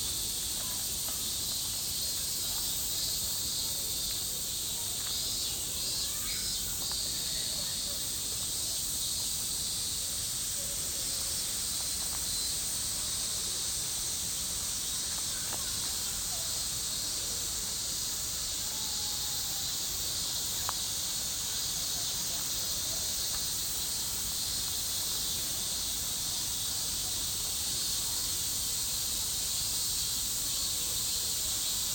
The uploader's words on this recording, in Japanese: 夏の音（Binaural）- Summer Sound。セミの鳴き声や木々の揺れる音、室内でも夏を感じられるような音を今回もバイノーラルで録りました。